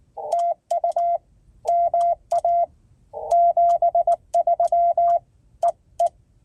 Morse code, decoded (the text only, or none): TU MA 73 EE